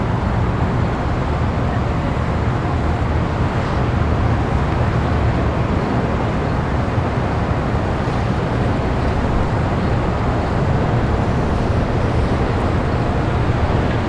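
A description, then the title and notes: A breezy outdoor day, heard as a steady, dense rush of wind with a heavy low rumble, like air buffeting. The level barely changes across the whole stretch, with no distinct events standing out and little brightness up top. Calm and Breezy Day.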